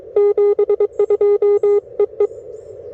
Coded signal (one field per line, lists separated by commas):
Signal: Morse code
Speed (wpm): 23 wpm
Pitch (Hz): 410 Hz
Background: none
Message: 72 E E